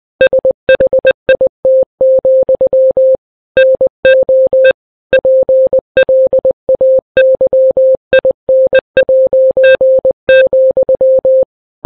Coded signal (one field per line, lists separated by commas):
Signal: Morse code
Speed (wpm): 20 wpm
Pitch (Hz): 520 Hz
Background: none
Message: SHIT, NO PLAYIN',